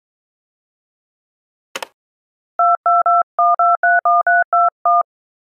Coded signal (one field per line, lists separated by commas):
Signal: DTMF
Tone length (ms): 190 ms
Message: 221231321